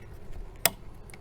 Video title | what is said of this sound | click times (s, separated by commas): Jeep Rear Wiper Blade and Cap - 2016 Jeep Wrangler Unlimited Sport (JKU) | and then these pieces snapped in place so everything snapped in place | 0.7 s